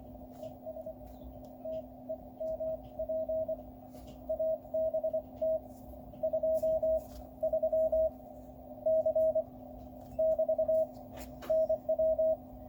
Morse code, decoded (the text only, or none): ES TEMP ABT 23 C <BT> NW